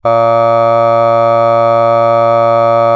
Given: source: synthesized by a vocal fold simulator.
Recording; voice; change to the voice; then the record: sustained vowel; male; aspiration noise (breathiness), level 2 of 10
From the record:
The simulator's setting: 0.26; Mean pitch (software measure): 115 Hz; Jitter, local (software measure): 0.22%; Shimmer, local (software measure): 1.1%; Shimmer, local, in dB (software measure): 0.09 dB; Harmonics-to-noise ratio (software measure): 30.0 dB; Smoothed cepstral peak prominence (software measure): 22.5 dB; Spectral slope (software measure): -17.2 dB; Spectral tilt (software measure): -9.4 dB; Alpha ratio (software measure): -7.6 dB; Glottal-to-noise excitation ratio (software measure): 0.992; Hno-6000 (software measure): 2.4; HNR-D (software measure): 24.7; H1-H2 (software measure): 4.9 dB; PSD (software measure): 2.1e-05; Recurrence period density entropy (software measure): 0.111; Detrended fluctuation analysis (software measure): 0.0545